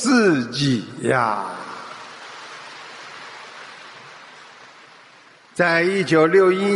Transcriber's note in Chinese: 掌声